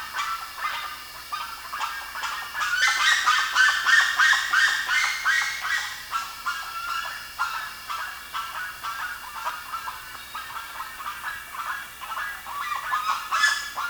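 Bird calls, a dense run of harsh repeated notes building to a loud flurry, then continuing in rhythmic pulses.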